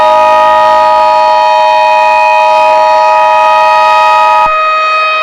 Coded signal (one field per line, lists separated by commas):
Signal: Emergency Alert System (SAME) tones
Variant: 853 and 960 Hz attention tone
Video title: EAS scenario: entity mouse